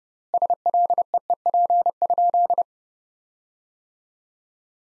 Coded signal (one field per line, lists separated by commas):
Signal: Morse code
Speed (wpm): 32 wpm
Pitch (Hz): 700 Hz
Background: none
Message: SLEEP?